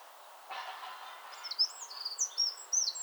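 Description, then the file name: Eurasian wren song: a rapid run of high, warbling notes following a brief rush of noise at the start. "Troglodytes troglodytes"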